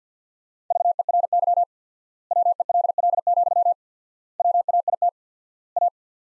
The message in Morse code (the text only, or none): VERY WELL, WAIT A